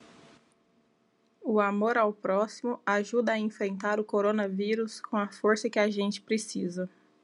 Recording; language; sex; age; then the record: spoken sentence; Brazilian Portuguese; female; 30 to 39 years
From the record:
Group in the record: control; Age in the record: 30 years